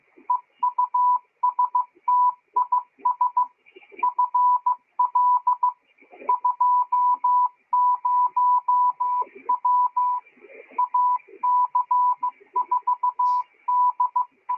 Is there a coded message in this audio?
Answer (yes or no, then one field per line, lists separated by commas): yes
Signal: Morse code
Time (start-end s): 0.3-14.5 s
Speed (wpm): 15 wpm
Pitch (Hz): 990 Hz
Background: none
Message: EUSTIS FL 20W AC4DE